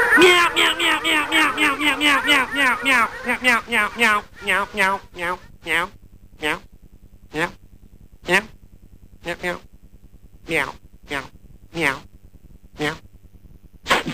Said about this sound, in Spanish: no lo voy a decir porque vamos a un separador